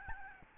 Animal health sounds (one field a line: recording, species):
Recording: mosquito wingbeat signal from an infrared sensor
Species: Aedes albopictus